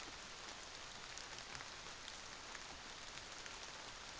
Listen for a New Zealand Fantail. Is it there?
no